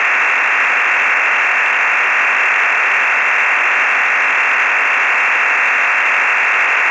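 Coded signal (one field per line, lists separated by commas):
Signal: digital SSTV (DRM)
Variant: EasyPal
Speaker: k 3f MLT full resolve at 10 DB here okay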